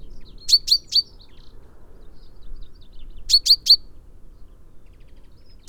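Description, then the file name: Common chaffinch uttering bright, sharp chips in two tight bursts of three, with a single note at the very end. "Fringilla coelebs"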